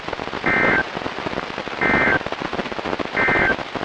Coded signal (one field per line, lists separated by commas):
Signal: Emergency Alert System (SAME) tones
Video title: EAS #1099-#1101: Virginia & West Virginia Statewide Tornado Drills | KHB36 & WXM42